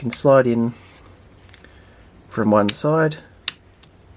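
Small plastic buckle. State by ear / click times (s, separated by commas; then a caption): seated / 3.5 s. A plastic action camera quick-release buckle is slid into a bicycle helmet mount base from one side while someone talks. It latches with a sharp click at 3.5 s, and the mount is secure.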